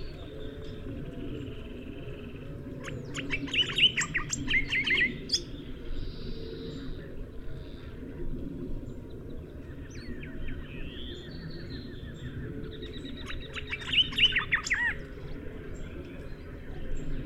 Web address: Greyish saltator. صدای-پرنده-پایکوب-خاکستری